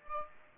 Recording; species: mosquito wingbeat signal from an infrared sensor; Aedes aegypti